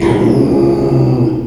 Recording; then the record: squeal of a Yucatan mini pig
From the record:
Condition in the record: before surgery on the right vocal fold (resection and tissue-engineered implant); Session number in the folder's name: 1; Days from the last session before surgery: -3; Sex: male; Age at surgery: 12 weeks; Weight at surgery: 13 kg